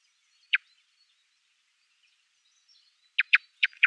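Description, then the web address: Song thrush giving dry, abrupt ticking calls, one lone note followed after a pause by a quick run of four, faint high bird notes in the background. "Schulze Peter Song Thrush calls"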